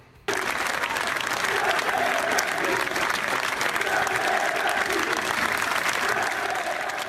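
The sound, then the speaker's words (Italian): A whole stadium crowd at the Matusa stadium applauds Frosinone's relegation, a dense, continuous wash of clapping that starts abruptly and holds at a loud, even level with a murmur of voices underneath. “Questi sono gli applausi del Matusa per il Frosinone. Uno stadio intero che applaude una retrocessione.”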